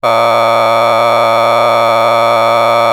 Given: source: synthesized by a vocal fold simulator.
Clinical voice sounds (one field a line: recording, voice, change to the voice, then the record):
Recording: sustained vowel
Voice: male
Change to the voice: a random mix of aspiration noise, stiffness perturbation and strain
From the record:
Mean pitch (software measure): 115 Hz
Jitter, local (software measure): 2.61%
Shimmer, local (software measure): 4.9%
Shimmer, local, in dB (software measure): 0.37 dB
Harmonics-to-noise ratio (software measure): 8.9 dB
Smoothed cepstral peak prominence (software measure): 16.2 dB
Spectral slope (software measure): -12.9 dB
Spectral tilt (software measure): -10.1 dB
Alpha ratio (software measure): -3.4 dB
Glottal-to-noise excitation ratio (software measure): 0.988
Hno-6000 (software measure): 1.9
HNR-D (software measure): 21.4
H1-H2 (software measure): 1.1 dB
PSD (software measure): 2.0e-04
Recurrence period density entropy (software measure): 0.126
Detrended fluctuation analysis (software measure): 0.0323